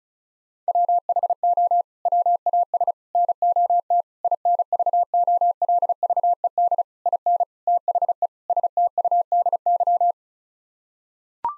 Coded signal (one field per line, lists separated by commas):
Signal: Morse code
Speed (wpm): 36 wpm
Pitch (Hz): 700 Hz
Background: none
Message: WHO WAS NOT INVOLVED IN THE STUDY